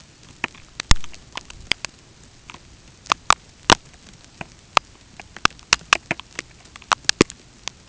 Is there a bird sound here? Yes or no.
no